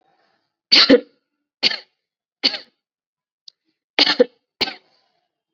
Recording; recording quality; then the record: heavy voluntary cough; excellent, no background noise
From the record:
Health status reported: COVID-19 positive, mild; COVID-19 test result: positive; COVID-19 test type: RT-PCR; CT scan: not taken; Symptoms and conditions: cough, fever, fatigue, muscle pain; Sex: female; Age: 19 years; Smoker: no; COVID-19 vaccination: both doses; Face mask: worn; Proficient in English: yes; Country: India